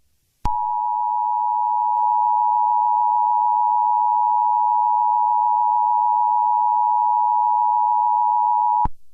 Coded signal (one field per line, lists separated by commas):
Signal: Emergency Alert System (SAME) tones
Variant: 853 and 960 Hz attention tone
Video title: EMERGENCY ALERT SYSTEM FLASH FLOOD WATCH FOR ESSEX, MASSACHUSETTS